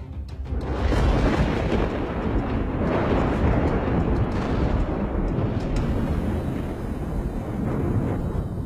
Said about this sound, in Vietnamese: Ba con hổ hoảng loạn, toàn muốn quay chạy, thì từ trên trời cao một luồng đại lôi lóe lên, tiếng sấm như chẻ đôi cả bầu trời ra vậy.